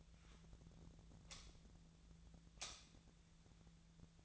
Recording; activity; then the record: daily activity, microphone in the room; light on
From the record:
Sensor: 3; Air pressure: 1009.8 hPa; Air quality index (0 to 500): 190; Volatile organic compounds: 14 ppm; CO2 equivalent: 2476 ppm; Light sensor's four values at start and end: 39/96/41/44 and 42/107/45/48